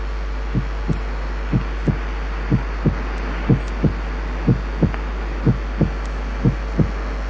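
Normal adult heart sounds heard by stethoscope at a rate of 60 beats per minute: the first and second sounds fall close together, followed by a relatively long pause before the next beat.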